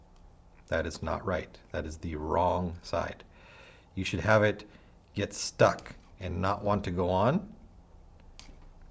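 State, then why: Seated. A metal spring is slid over the end of the bolt of an Empire Mini paintball marker and pushed down while someone talks. It snaps into place at the bottom with a sharp click at 8.4 s, seated so it won't come off.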